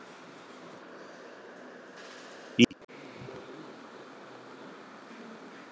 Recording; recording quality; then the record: sustained vowel as in beet; excellent, no background noise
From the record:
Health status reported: healthy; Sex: male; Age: 47 years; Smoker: yes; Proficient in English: yes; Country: India